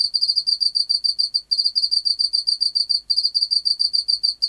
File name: Teleogryllus oceanicus